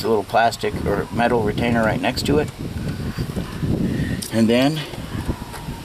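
Someone talks while handling the ABS wheel-speed sensor's electrical connector and preparing to plug it back into its plastic mating harness plug after a wheel bearing replacement on a 2006–2010 Ford Explorer. Faint handling noises are heard under the talk, with a brief sharp sound near 4.2 s. The connector has not yet seated or clicked in by the end of the clip.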